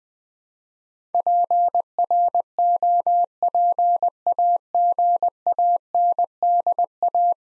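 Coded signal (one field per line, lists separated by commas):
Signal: Morse code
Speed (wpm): 20 wpm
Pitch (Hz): 700 Hz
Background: none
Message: PROPAGANDA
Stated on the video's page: Morse practice at 20 wpm: 10-letter words, sent twice for head-copy training.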